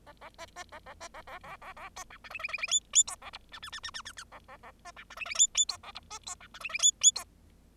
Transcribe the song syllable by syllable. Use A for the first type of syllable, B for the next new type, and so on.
A A B B A A B A A A A A C D E F F F F G G C A H I I I I I I I A A A B D E F F G G C A H B C D E F F G G C